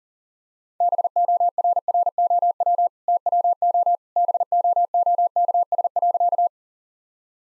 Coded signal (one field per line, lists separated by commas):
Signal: Morse code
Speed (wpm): 40 wpm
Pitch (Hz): 700 Hz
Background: none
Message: BORROW TWO BOOKS.